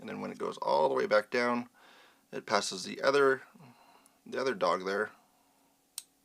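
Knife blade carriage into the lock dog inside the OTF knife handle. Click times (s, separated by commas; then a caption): 6.0 s. While reassembling a Medford Merc-1 Proof Strike out-the-front knife, someone talks as one locking dog is retracted and the blade carriage is pushed back down inside the handle. The carriage passes the other dog and locks into place behind it with a single sharp click at 6.0 s.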